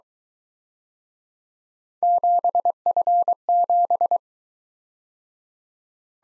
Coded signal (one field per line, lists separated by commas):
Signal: Morse code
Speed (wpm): 23 wpm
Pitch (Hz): 700 Hz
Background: none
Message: 7F7